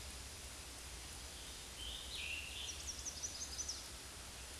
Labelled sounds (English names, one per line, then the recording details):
Scarlet Tanager song
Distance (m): 45 m
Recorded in a Pennsylvania forest on 19 May 2023 at 12:02
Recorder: AudioMoth, point grid1_6_low
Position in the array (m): 157 m, 28 m